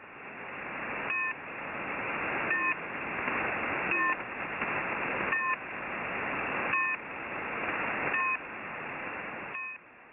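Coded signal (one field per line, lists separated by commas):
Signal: channel marker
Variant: New Pip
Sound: short buzzy pips repeating about every 1.4 seconds over steady radio hiss, eight in all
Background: radio static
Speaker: there have been other changes in Russia's channel marker Network too with the addition of the so-called new pip in recent weeks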